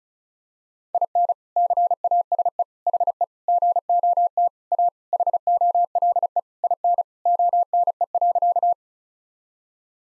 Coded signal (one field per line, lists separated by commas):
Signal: Morse code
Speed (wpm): 36 wpm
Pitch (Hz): 700 Hz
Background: none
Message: IN CASE HE GOT A HOLE IN ONE.